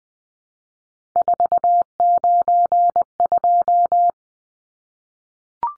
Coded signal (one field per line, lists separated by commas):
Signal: Morse code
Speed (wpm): 20 wpm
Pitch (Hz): 700 Hz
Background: none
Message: 492